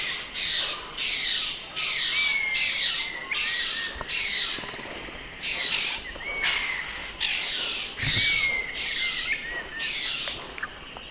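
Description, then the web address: Black-capped donacobius calls: harsh, rasping bursts repeated in a series, with thin whistled notes between them, over a steady high drone. Calls, eastern lowlands of South America. "Natures Songs S America Eastern Lowlands. Donacobius atricapilla, calls"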